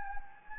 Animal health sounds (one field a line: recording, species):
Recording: mosquito wingbeat signal from an infrared sensor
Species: Anopheles gambiae